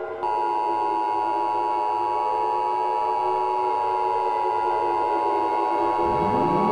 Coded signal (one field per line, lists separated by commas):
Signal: Emergency Alert System (SAME) tones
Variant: 853 and 960 Hz attention tone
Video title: Hanazuki: Full Of Treasures EAS Scenario - Part 4